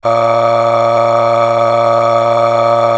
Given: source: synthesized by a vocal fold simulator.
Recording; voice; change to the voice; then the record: sustained vowel; male; aspiration noise (breathiness), level 10 of 10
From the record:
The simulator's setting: 4.92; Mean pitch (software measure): 116 Hz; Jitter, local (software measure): 1.19%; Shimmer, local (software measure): 14.4%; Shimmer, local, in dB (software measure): 1.17 dB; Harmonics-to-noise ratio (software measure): 9.7 dB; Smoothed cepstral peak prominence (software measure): 11.8 dB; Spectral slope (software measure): -16.2 dB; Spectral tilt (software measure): -8.2 dB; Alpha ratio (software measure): -6.7 dB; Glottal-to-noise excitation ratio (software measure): 0.793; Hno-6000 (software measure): 1.8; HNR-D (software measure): 21.3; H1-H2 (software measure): 5.0 dB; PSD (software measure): 8.5e-05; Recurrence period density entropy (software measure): 0.130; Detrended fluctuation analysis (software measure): 0.0522